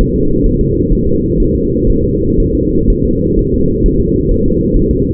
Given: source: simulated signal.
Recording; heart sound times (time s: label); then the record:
fetal heart sounds
0.01 s: S1
0.16 s: S2
0.46 s: S1
0.61 s: S2
0.92 s: S1
1.07 s: S2
1.40 s: S1
1.55 s: S2
1.90 s: S1
2.04 s: S2
2.40 s: S1
2.55 s: S2
2.90 s: S1
3.05 s: S2
3.39 s: S1
3.54 s: S2
3.86 s: S1
4.01 s: S2
4.31 s: S1
4.46 s: S2
4.76 s: S1
4.91 s: S2
From the record:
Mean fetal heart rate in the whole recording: 130 bpm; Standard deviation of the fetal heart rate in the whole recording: 4 bpm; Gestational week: 38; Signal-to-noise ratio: -15.3 dB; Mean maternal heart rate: 72 bpm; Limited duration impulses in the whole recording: present